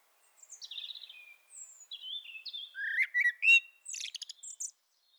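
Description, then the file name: Common blackbird gives soft, thin high notes that slide downward, then a louder fluty warble closing in a rapid scratchy chatter. "Turdus merula"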